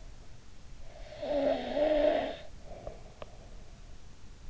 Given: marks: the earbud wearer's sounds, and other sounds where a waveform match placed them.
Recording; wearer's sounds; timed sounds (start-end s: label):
sounds in sleep by an in-ear microphone; snoring breath
0.57-3.37 s: snoring breath